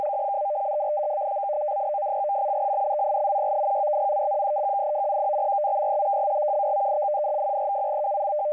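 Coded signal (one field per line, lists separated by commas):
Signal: numbers station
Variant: F03i FSK data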